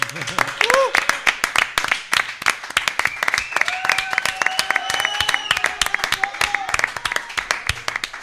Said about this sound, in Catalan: Podem dir moltes gràcies i jo voldria fer un aplaudiment, encara que sigui jo sol, m'és igual.